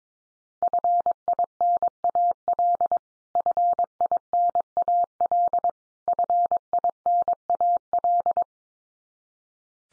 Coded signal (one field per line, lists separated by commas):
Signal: Morse code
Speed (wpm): 22 wpm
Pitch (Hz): 700 Hz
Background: none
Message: FINAL FINAL FINAL